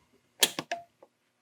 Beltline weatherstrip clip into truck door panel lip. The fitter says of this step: press up you can hear it lock into place and that's installed